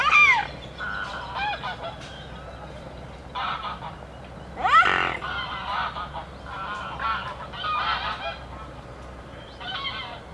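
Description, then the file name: Goose: geese honking in a busy, irregular chorus of nasal calls, some rising sharply, with several birds overlapping throughout. Geese at the Łężczok nature reserve. "rezerwat lezczok gesi i labedzie i spadajace zoledzie"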